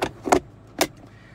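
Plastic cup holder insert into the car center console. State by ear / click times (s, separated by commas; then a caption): seated / 0.8 s. A plastic cup holder insert in the center console of a 2013 Chevy Malibu is lifted to reveal a hidden compartment, then pushed back down. Sharp plastic knocks land near 0.0 and 0.3 seconds, and a crisp click at 0.8 seconds marks the insert snapping back into place, fully seated.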